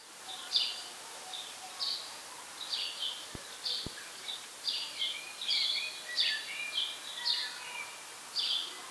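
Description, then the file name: House sparrow calls: a busy run of clipped chirps and twitters over a steady hiss, with two sharp clicks. "Passer domesticus"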